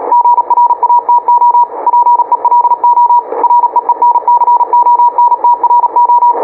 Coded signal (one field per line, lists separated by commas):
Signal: Morse code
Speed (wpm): 37 wpm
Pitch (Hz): 960 Hz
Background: radio noise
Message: GRATO PELO REENCONTRO